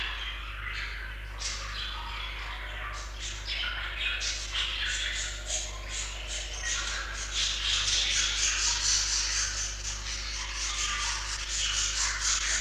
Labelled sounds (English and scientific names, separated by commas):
Budgerigar (Melopsittacus undulatus) call